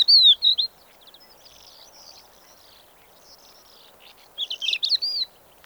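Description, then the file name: Crested lark singing: a loud clear whistled opening, then softer rambling chirps, ending in a strong burst of rapid warbling phrases. Recorded in Kyzylkum, Kazakhstan, on 10 April 2011; the subspecies given is magna. "110410 crelark-magna kz kyzylkum"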